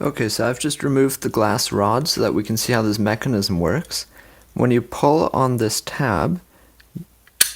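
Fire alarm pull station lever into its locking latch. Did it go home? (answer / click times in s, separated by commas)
yes / 7.4 s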